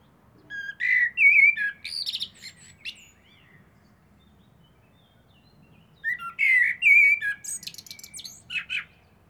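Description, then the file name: Common blackbird singing two phrases about five seconds apart, each a mellow warble followed by high, chattering twitters. "Turdus merula"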